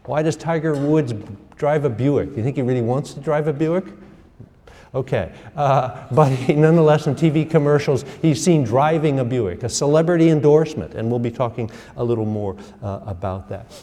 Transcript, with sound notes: Why does Tiger Woods drive a Buick? Do you think he really wants to drive a Buick? Okay, but [laughs] nonetheless in TV commercials he’s seen driving a Buick — a celebrity endorsement, and we’ll be talking a little more about that.